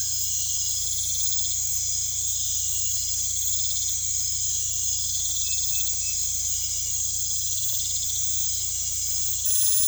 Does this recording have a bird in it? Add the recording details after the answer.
no. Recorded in pastures near Puerto Asís, Putumayo, Colombia, on 16 December 2024 at 23:30. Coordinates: 0.472, -76.329. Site G072